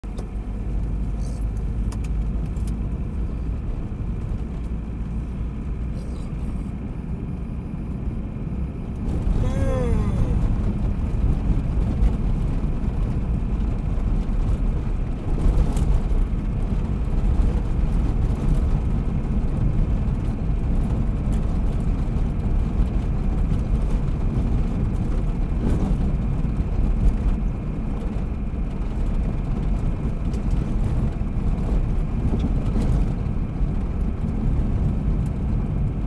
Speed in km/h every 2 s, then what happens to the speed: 34, 38, 41, 43, 46, 48, 51, 53, 53, 55, 56, 57, 58, 57, 57, 55, 55, 55.
0-14 speeds up to 53. 14-36 steady at about 55.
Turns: none.